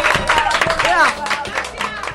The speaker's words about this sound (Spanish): ¡Un aplauso! ¡Bravo! ¡Bravo! ¡Todavía!